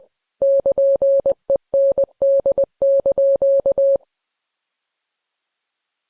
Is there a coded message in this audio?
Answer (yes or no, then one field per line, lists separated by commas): yes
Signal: Morse code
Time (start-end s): 0.4-4.0 s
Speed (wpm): 20 wpm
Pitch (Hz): 550 Hz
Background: none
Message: <KN>END)